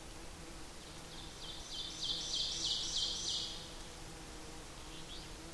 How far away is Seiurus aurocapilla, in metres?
about 50 m